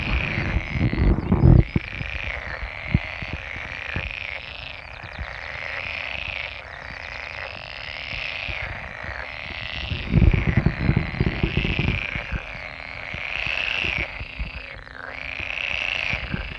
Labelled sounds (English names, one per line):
Pool Frog call